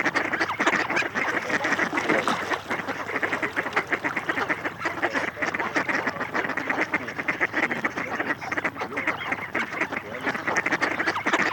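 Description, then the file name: Mallard quacking, a dense and continuous run of loud harsh quacks from several ducks overlapping throughout, with no pauses. Recording intended for use in an electronic decoy caller. "Кряква"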